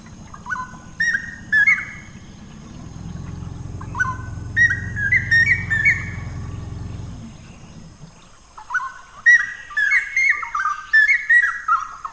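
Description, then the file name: Straw-headed bulbul song: loud, rich, bubbling whistled phrases that rise and tumble, in bursts with short pauses; a low steady rumble underlies the first two-thirds, and a thin high tone persists throughout. "Cucak Rawa"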